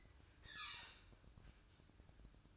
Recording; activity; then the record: daily activity, microphone in the room; open fridge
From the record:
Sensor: 2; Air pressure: 1007.6 hPa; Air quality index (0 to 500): 56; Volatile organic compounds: 1 ppm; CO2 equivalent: 585 ppm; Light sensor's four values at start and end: 9/22/9/9 and 9/22/9/9